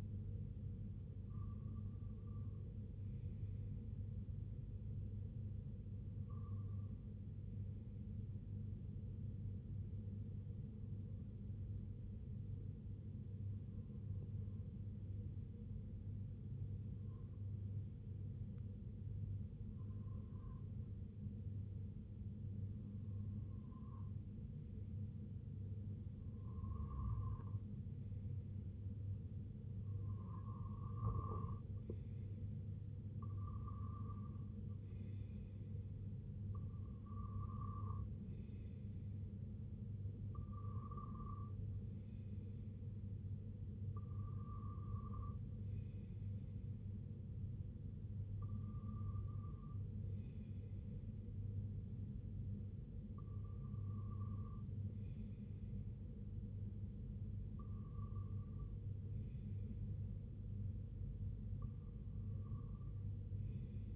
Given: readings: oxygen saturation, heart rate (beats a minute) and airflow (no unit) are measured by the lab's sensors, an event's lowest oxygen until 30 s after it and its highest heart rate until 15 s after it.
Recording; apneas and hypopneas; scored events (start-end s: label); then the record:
breathing in sleep by a smartphone at the bedside; 1
12.00-33.30 s: hypopnea (REM, oxygen 95% highest, then 92% lowest, heart rate 64 at the start, 72 highest)
From the record:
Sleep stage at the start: REM sleep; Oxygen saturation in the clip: 92 to 95%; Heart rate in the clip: 60 to 72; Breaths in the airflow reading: 17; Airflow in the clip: -7.4 to 4.8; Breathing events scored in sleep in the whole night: 258 in 7.4 hours asleep